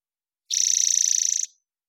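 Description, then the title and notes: Spotted towhee giving one fast rattling trill, about a second long, with evenly spaced pulses and a slight fade at the end; nothing else heard. Recorded in the Pacific Northwest, Washington, United States, with a parabolic microphone; clean-processed for clarity with natural pace and rhythm kept. "BIRDSong New World Sparrows - Spotted Towhee Song. Spotted Towhee, Pipilo maculatus, parabolic recording. Recorded in the beautiful Pacific Northwest, Washington, United States"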